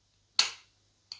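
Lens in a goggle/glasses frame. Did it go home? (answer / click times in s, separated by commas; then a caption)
released / 0.4 s. A hand holds a goggle/glasses frame by its edge and pulls the eyeglass lens toward itself so that one side comes free. A sharp click sounds at 0.4 s as the lens is released from the frame, followed by a fainter tick at about 1.1 s.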